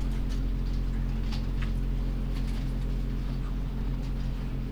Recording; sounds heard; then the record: poultry house recording; sick chickens (respiratory disease)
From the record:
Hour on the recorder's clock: 1